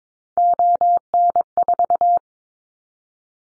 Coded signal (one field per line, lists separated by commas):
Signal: Morse code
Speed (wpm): 22 wpm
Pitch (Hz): 700 Hz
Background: none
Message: ON4